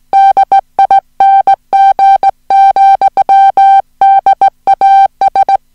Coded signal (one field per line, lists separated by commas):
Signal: Morse code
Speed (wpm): 17 wpm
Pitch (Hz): 780 Hz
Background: music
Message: DING, DAS